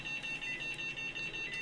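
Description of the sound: High-pitched electronic beeping repeats rapidly and steadily over a soft room hum, a typical monitor alarm. In an acted TV drama scene, it is a pulse oximeter warning that a baby's oxygen saturation is falling, now at 89%.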